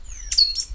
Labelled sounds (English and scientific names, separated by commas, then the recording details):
Stitchbird (Notiomystis cincta) song
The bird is a male
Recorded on Tiritiri Matangi Island, New Zealand, in 2005
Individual 10, of nest box 12